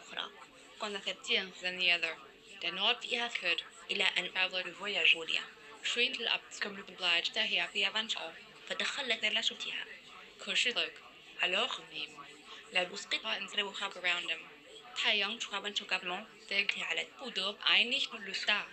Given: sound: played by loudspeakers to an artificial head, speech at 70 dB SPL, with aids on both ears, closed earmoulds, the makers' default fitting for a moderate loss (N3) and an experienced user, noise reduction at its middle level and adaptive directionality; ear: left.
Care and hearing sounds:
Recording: speech test signal (ISTS) in cocktail-party noise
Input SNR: 0 dB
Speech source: in front (0 degrees)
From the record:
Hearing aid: class 1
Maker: I

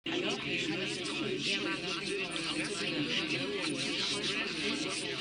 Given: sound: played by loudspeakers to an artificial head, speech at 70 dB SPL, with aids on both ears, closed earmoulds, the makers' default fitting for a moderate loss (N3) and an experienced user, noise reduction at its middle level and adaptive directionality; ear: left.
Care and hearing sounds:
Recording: speech test signal (ISTS) in cocktail-party noise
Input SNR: -6 dB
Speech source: on the right (90 degrees)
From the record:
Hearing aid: class 2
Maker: D

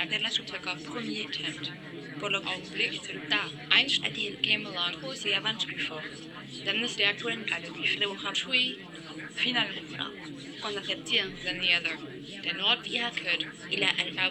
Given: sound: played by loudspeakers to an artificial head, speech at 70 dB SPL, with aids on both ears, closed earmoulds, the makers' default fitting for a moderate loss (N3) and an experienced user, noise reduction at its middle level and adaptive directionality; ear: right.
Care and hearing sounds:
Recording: speech test signal (ISTS) in cocktail-party noise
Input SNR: -3 dB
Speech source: in front (0 degrees)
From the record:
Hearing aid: class 1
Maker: C

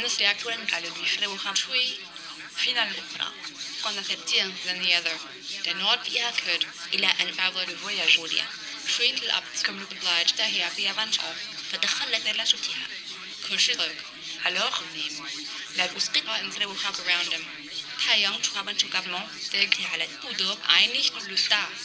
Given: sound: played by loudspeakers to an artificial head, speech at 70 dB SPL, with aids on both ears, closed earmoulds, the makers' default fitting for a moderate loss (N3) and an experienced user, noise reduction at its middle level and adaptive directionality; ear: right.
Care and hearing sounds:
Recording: speech test signal (ISTS) in cocktail-party noise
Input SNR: +3 dB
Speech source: on the right (90 degrees)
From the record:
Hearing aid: class 1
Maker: B

